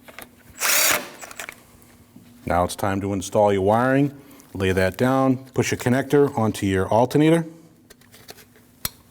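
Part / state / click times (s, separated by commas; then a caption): wiring harness connector into alternator / seated / 8.8 s. Someone talks while a plastic wiring harness connector is pushed onto the alternator terminal of a 2003-2008 Subaru Forester 2.5L H4. Light taps and handling noises come before a sharp, loud click at 8.9 s as the connector seats.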